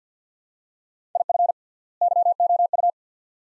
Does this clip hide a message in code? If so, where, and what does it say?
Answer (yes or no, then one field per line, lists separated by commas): yes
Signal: Morse code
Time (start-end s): 1.2-2.9 s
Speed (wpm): 45 wpm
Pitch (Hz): 700 Hz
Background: none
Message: IF YOU